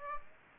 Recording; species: mosquito wingbeat signal from an infrared sensor; Aedes aegypti